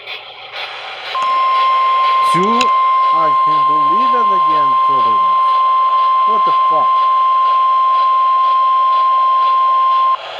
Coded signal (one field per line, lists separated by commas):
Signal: Emergency Alert System (SAME) tones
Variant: 1050 Hz attention tone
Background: speech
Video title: THAT'S AMBER Alert OR SEVERES... EAS Alerts from 7/25/25 (EAS#4,423 - 4,444)